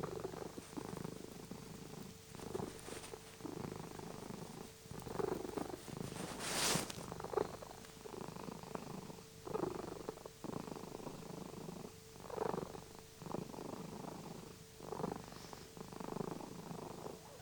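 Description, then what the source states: Cat purring at length, a rough vibrating rumble swelling with each in- and out-breath; one brief rustle midway and a faint steady hum throughout. Recorded 26 January 2021.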